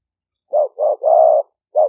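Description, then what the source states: Spotted dove cooing, two short notes, a longer drawn coo and another short note in quick sequence, with no other sounds. "5 hậu" call type.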